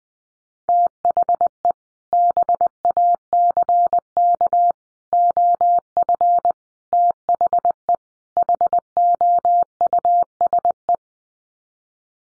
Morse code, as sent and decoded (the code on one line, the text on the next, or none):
- .... . / -... .- -.-. -.- / --- ..-. / - .... . / .... --- ..- ... .
THE BACK OF THE HOUSE